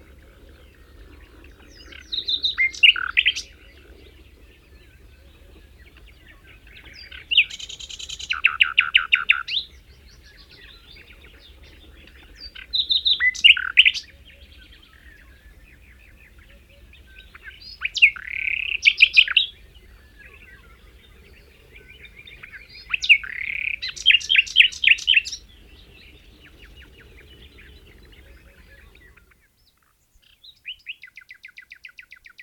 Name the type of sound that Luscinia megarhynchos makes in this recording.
song